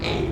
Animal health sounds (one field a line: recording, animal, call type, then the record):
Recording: contact call of a hoofed animal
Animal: pig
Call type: closed-mouth grunt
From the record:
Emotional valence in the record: positive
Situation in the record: food and toys in familiar pen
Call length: 0.33 s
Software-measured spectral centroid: 1940 Hz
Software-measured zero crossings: 1690 a second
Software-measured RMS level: -24 dBFS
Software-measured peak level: -11 dBFS